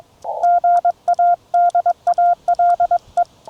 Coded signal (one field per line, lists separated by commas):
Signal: Morse code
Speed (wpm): 21 wpm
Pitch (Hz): 690 Hz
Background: none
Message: GA DALE